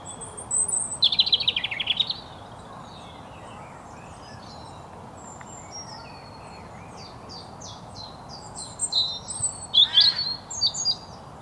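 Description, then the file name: European robin song: a short high phrase, a long quiet stretch, then a series of fine high notes ending in a sharp flourish. "Erithacus rubecula"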